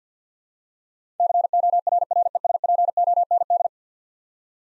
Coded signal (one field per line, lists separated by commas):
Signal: Morse code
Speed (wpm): 50 wpm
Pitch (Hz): 700 Hz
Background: none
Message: CORRESPOND